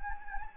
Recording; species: mosquito wingbeat signal from an infrared sensor; Anopheles gambiae